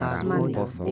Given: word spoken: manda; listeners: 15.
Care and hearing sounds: one Spanish word in noise, from a listening test; four-talker babble; -2.4 dB; 1 of 15; 9 of 15; 0.51 s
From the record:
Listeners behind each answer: 9, 1, 1, 1, 1, 1, 1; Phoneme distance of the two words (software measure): 10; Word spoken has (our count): 2 syllables, 5 phonemes, stress on syllable 1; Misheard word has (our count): 2 syllables, 5 phonemes, stress on syllable 1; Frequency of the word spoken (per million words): 15.60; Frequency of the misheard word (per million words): 10.44

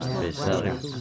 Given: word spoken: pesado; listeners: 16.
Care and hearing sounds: one Spanish word in noise, from a listening test; eight-talker babble; -1.5 dB; 1 of 16; 6 of 16; 0.61 s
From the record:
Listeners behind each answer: 6, 2, 1, 1, 1, 1, 1, 1, 1, 1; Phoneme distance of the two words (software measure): 17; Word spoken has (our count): 3 syllables, 6 phonemes, stress on syllable 2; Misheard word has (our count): 3 syllables, 7 phonemes, stress on syllable 2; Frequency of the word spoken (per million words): 14.68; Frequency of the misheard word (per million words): 5.26

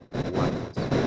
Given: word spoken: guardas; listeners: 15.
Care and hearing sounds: one Spanish word in noise, from a listening test; noise modulated by one talker; -8.3 dB; 3 of 15; 6 of 15; 0.67 s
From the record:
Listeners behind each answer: 6, 3, 2, 1, 1, 1, 1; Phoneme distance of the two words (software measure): 30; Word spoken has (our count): 2 syllables, 7 phonemes, stress on syllable 1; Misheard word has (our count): 2 syllables, 7 phonemes, stress on syllable 1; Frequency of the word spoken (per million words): 2.01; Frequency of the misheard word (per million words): 8.48

